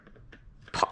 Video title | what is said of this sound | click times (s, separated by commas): Hauck Citi Neo II vs Hauck Sport Pushchair - BuggyBaby Reviews | the wheel in that's a nice click | 0.8 s